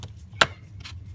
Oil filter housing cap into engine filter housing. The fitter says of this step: it clicks in. I don't know if you heard that, but it just clicked in, so it tightened up till it went